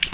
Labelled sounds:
Ovenbird flight call

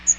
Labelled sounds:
Magnolia Warbler flight call

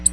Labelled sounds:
Black-throated Blue Warbler flight call

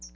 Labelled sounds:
Hooded Warbler flight call

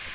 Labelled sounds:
Magnolia Warbler flight call

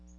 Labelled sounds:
Magnolia Warbler flight call

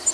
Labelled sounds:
Black-throated Green Warbler flight call

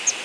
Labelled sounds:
Palm Warbler flight call

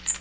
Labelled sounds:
Magnolia Warbler flight call

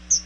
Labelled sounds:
Chestnut-sided Warbler flight call

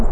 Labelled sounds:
Hermit Warbler flight call

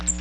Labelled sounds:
Magnolia Warbler flight call

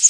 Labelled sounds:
Yellow Warbler flight call

